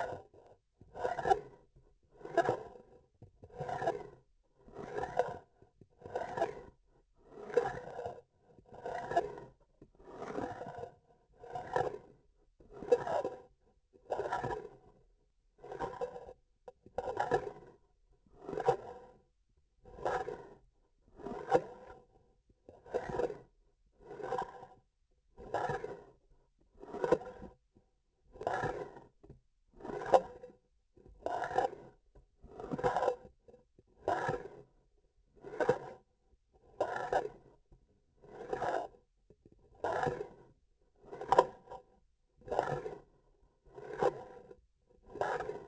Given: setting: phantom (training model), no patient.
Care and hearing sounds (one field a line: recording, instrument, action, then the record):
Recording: laparoscopic instrument, vibration sensor on the handle end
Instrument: grasping forceps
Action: approaching and retracting movements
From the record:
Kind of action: spatial motion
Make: Olympus